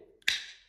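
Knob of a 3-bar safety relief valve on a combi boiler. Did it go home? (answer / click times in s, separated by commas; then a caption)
yes / 0.3 s. The knob of a 3-bar safety (pressure relief) valve on a combi boiler is turned, and its white plastic part moves inward. A faint tick comes at 0.2 s, then a sharp, bright click at 0.3 s rings and fades over the rest of the clip. The part snaps back and seats in place.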